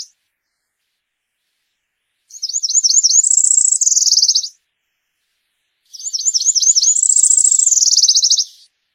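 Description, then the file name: Cerulean warbler giving two high, buzzy song phrases of quick repeated slurred notes ending in a dry rapid trill, separated by a pause of over a second. "Canto da mariquita azul"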